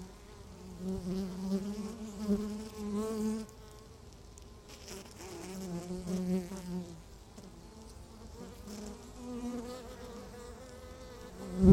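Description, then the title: Buzzing honey bees at a hive, layered droning tones with wavering pitch, ending with a brief knock. Beehive at Laren, Gelderland, Netherlands, on July 17th 2015. "Beehive. Bijenkorf (Laren Gld., July 17th 2015)"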